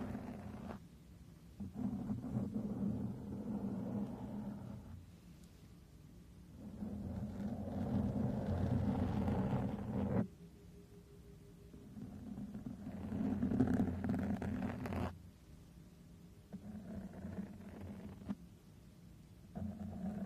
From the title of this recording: MICROPHONE BRUSHING, SCRATHCHING & STROKING